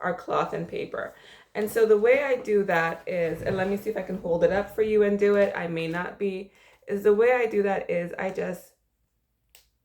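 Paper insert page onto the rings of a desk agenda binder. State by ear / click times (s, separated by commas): seated / 9.6 s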